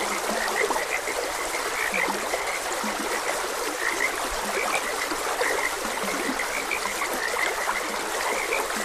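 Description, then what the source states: Frog chorus with repeated short croaks, low and higher-pitched, overlapping against the steady trickle and rush of a stream. Frogs croaking beside a gentle stream.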